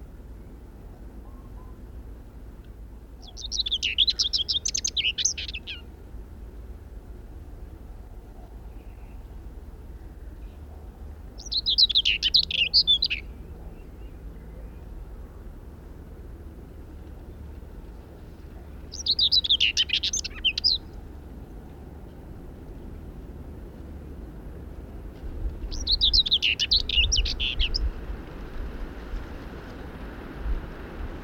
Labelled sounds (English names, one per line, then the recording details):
Common Whitethroat song
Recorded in the wild
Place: Neu-Holland, Brandenburg, DE
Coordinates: 52.872, 13.339
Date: 1971-05-04
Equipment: Nagra III BH, Sennheiser MD 21, parabola
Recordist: Schubert, Michael